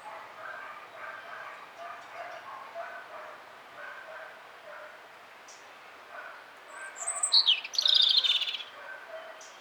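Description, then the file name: European robin phrase of sharp, high, sweet notes bursting out near the end, over steady lower chirping repeated throughout. "Erithacus rubecula"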